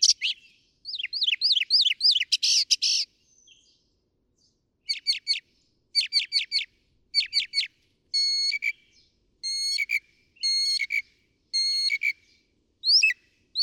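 Northern mockingbird song: varied high phrases, each repeated several times before switching, from rapid rising slurs to buzzy bursts and clipped whistled notes.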